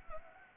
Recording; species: mosquito wingbeat signal from an infrared sensor; Anopheles arabiensis